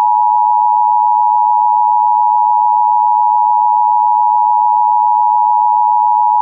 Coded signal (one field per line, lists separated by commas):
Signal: Emergency Alert System (SAME) tones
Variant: 853 and 960 Hz attention tone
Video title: EAS alert on the Peanut Butter Jelly Time!!! Channel